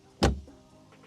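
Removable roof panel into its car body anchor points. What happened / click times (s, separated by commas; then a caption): The panel latched into its anchors / 0.2 s. A removable roof panel on a Corvette C8 Stingray coupe is pushed down with both hands on its front anchor points after being set into the bottom anchors. A single sharp click sounds at 0.3 s, then fades into quiet. The roof panel is seated securely in its anchors.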